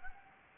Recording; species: mosquito wingbeat signal from an infrared sensor; Anopheles gambiae